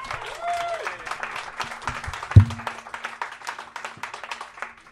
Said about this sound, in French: On l'applaudit, tout le monde. Yes!